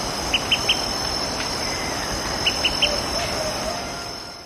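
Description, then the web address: Olive-sided flycatcher with two short runs of three sharp pips, about two seconds apart, set against a constant shrill insect chorus. Recorded in Ecuador. "S America Birds of Ecuador. Olive-sided Flycatcher"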